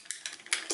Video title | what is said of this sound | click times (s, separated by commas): Young Toys Biklonz Hurricane, Scorpio, & Taurus. P4L Reviews | and you'll hear a satisfying click | 0.5 s